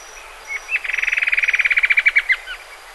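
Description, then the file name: Bird giving a rapid level trill of many short repeated notes, starting with a brief lead-in note and closing with a downslurred note. "SABIOD 50 bird 2015"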